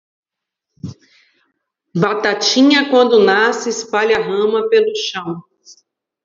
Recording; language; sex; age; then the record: short text; Brazilian Portuguese; female; 40 to 49 years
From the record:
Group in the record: control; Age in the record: 44 years